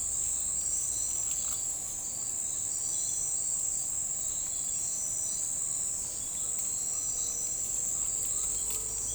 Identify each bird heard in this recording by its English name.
none